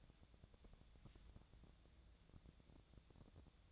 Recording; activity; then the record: daily activity, microphone in the room; take from stove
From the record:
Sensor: 3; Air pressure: 999.9 hPa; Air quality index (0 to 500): 126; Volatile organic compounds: 2 ppm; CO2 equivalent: 1129 ppm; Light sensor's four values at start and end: 43/109/47/52 and 43/110/47/52